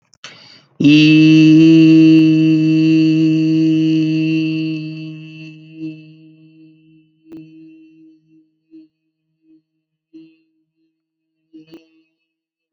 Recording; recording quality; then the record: sustained vowel as in beet; excellent, no background noise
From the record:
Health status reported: healthy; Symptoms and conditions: none ticked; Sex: male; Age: 36 years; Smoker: not ticked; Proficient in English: yes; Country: India